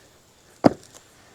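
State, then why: Seated. The hinged cover of a Vegepod raised garden bed is lowered and latched shut, locking into place. A sharp click sounds at 0.7 s and a fainter click follows at 0.8 s, leaving the cover seated and closed.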